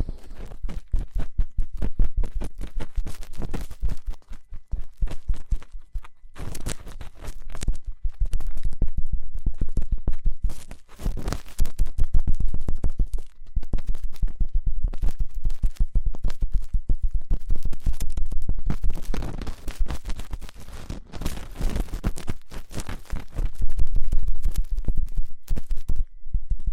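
Ear cleaning, fast and intense: dense, rapid scratching and rubbing that crackles with crisp, bright detail over a steady low rumble. The strokes come in quick bursts with brief near-pauses around 6, 11 and 22 seconds, then resume just as busy.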